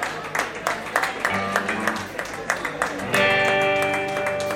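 At a live rock concert, an audience applauds a drummer joining the band, with a dense wash of clapping and a few sharp accents, and partway through, sustained musical tones swell up underneath as the band starts to play.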